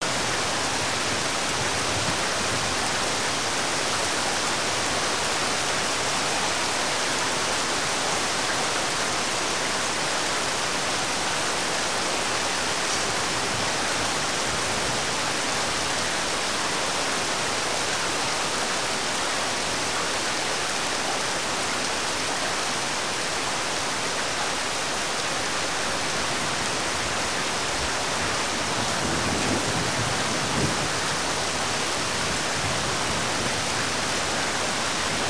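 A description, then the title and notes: Heavy rain pours down in a dense, unbroken hiss that fills everything from low to high, steady in loudness from start to finish. Around the thirty-second mark a brief, soft low swell rises slightly beneath the downpour. The rain is coming down in sheets, pounded into the ground by the force of the storm.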